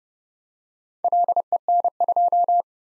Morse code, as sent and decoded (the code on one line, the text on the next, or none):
.-.. . -. ..---
LEN2